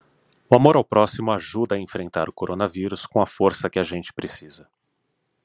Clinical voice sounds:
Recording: spoken sentence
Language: Brazilian Portuguese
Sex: male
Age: 40 to 49 years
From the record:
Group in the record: control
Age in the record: 40 years

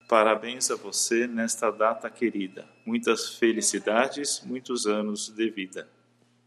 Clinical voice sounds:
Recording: short text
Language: Brazilian Portuguese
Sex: male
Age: 40 to 49 years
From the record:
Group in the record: control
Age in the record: 49 years

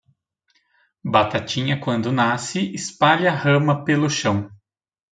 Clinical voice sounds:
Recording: short text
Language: Brazilian Portuguese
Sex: male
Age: 30 to 39 years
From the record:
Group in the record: control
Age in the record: 36 years

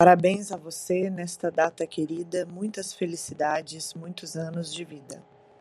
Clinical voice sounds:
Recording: short text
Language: Brazilian Portuguese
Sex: female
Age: 30 to 39 years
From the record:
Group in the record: control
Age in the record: 34 years

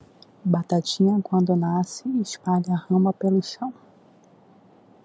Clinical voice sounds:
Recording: short text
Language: Brazilian Portuguese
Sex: female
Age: 40 to 49 years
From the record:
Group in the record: control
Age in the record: 44 years

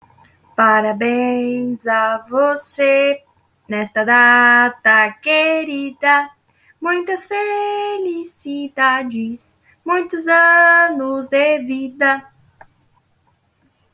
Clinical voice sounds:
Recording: short text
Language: Brazilian Portuguese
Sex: female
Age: 20 to 29 years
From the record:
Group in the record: control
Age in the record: 23 years

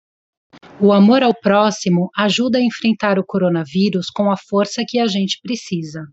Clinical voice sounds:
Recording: spoken sentence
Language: Brazilian Portuguese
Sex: female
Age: 30 to 39 years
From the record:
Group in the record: control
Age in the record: 37 years

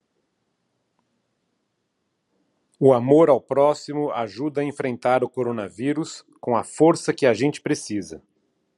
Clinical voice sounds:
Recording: spoken sentence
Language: Brazilian Portuguese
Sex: male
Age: 50 to 59 years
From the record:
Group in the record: control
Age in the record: 52 years

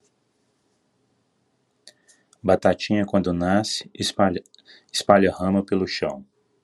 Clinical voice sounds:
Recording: short text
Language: Brazilian Portuguese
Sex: male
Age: 40 to 49 years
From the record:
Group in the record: control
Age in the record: 40 years

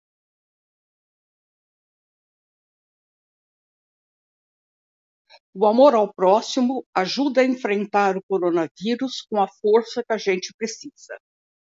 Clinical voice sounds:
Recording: spoken sentence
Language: Brazilian Portuguese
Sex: female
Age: 70 to 79 years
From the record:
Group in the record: control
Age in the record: 71 years

